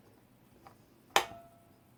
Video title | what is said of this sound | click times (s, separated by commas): Work Sharp Precision Adjust Sharpener - Review and How To Use | Oh, yeah. Did you hear that click in there? | 1.2 s